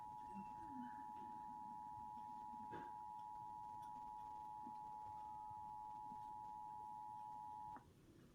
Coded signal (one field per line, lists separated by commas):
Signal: Emergency Alert System (SAME) tones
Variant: 853 and 960 Hz attention tone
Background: speech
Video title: Emergency Alert System - All types of activations compilation